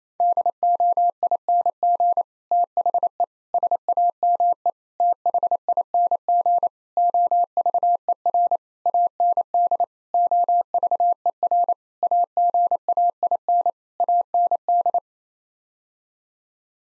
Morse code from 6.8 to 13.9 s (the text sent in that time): OVER AND OVER AGAIN